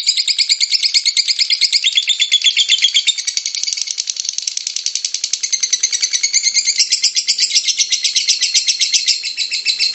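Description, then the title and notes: Lovebird ngekek song, an unbroken ten-second stream of rapid, harsh, high-pitched pulses with slight shifts in tone throughout. Lovebird ngekek song style, described as among the longest; used as a bait song (kicau pancingan) to prompt other lovebirds to sing. "suara Master Kicau Lovebird ngekek, kicau pancingan"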